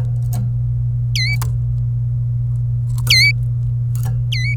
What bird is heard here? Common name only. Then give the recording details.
Domestic Canary. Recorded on 27 April 2018 at 15:31. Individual llb3